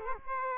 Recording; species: mosquito wingbeat signal from an infrared sensor; Culex quinquefasciatus